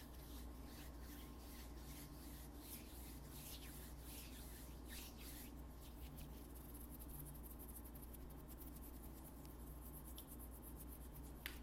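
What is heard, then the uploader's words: Hands rub together in dry strokes, with slower, separate swipes over the first six seconds that then quicken into a dense, rapid rasping. A steady low hum and a faint whine sit underneath throughout. ASMR PURE HAND SOUNDS 手の音だけ！無口『音フェチ』guaranteed tingles NOT TALKING.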